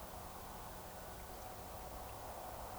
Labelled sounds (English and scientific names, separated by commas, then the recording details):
Eurasian Woodcock (Scolopax rusticola) whistle
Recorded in Baden-Württemberg, Germany, on 15 June 2020 at 02:26 UTC
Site 43791, 788 m above sea level